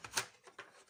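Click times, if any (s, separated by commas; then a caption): none. A Western Digital hard drive is handled and fitted toward its connector in the drive bay of a Toshiba C875 laptop during a repair. Short scraping and rubbing sounds are heard, loudest around 0.2 s, with softer scuffs near 0.5 s and 0.6 s. Nothing has seated or clicked yet.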